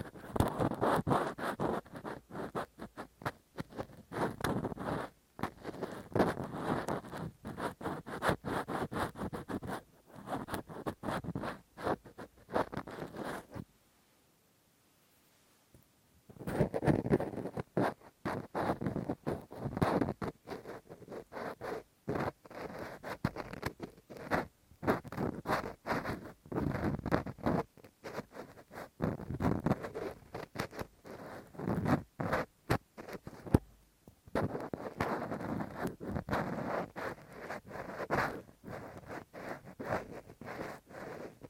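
Rough scratching and scraping of ear cleaning with a cotton swab and pick, dense rapid strokes, pausing silently around fourteen seconds.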